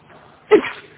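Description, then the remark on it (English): A single sharp sneeze bursts out of near silence halfway through, a sudden loud blast of breathy noise that quickly fades away. No one speaks. “Bless you.”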